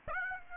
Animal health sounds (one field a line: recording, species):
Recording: mosquito wingbeat signal from an infrared sensor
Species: Aedes aegypti